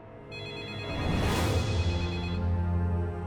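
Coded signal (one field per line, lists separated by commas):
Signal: none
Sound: a phone ringing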